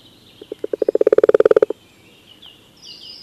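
Common toad call starting with a few spaced low pulses that speed up into a dense rattling trill, ending abruptly; faint bird notes in the background.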